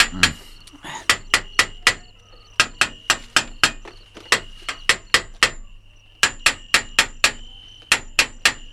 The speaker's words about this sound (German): was wollen Sie denn mit dem Hammer? Den Käfig kontrollieren. Ich will wissen, ob die anderen Stäbe in Ordnung sind, sonst bricht der Gorilla sofort wieder aus, wenn er morgen in diesen Käfig kommt.